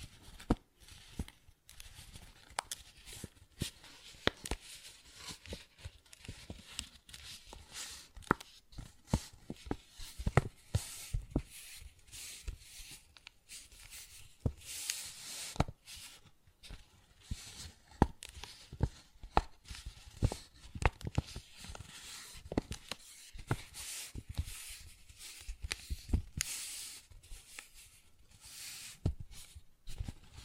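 A paper bag is tapped and scratched in a continuous, busy run of crisp clicks and rustles. The sharp taps come rapidly and unevenly throughout, with brief bursts of brighter scratching around the middle and near the end, and no other sounds behind.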